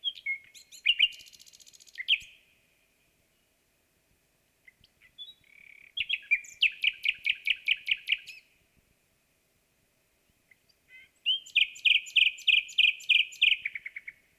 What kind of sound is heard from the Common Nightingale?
song